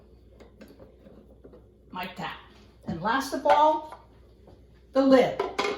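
A plastic lid is handled over the mixing chamber of a Phillips pasta maker as the final assembly step, with a few faint handling ticks near the start while someone talks. The clip ends before the lid snaps into place, so nothing has seated or clicked yet.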